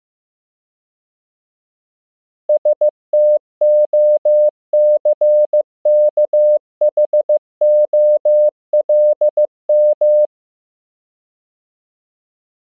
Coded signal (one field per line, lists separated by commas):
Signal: Morse code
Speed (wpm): 15 wpm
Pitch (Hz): 600 Hz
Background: none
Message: STOCKHOLM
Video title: Morse Code Practice — World Capitals, 15 WPM